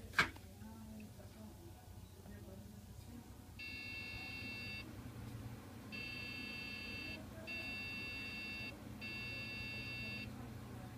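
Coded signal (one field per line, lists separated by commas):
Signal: beep code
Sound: a click, then one steady beep, pause, then three steady beeps close together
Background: low room hum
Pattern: 1-3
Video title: Beep codes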